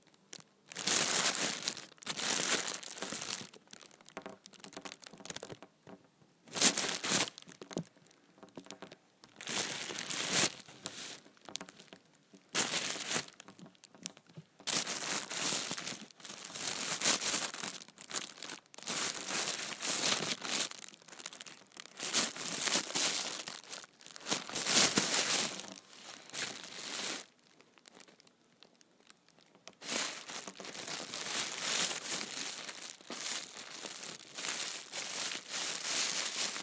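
An empty plastic trash bag is crumpled and handled, giving bright, crackling rustles that come in quick bursts roughly every second or two. The crinkling is loud and irregular, with short pauses between handfuls and occasional tearing sounds.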